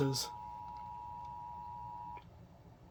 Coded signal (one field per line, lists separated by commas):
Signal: Emergency Alert System (SAME) tones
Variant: 853 and 960 Hz attention tone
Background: speech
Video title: (L.S. EAS #260) *Another* Tornado Warning in South Florida!